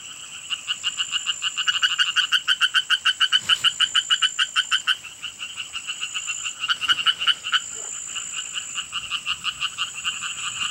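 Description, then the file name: Oriental tree frog giving rapid, repeated raspy croaks in long runs, with a continuous shrill background drone. "Hyla orientalis"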